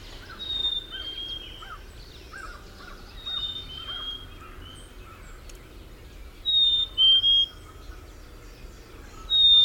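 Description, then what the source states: Black-capped Chickadee whistles its two-note descending song several times, faint at first and clearer toward the end, with soft chip notes in between. Recorded 13 May 2001; part of a series of 18 songs.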